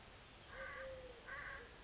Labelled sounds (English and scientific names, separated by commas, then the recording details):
Eurasian Collared Dove (Streptopelia decaocto)
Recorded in Sonoma County, California